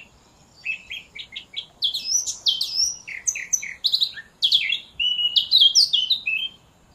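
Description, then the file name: Eurasian blackcap singing a long phrase that starts with quieter notes and builds into loud, varied whistled notes, with a brief pause. "Sylvia atricapilla"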